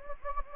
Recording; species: mosquito wingbeat signal from an infrared sensor; Anopheles gambiae